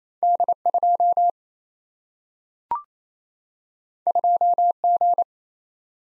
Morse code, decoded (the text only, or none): D2 2G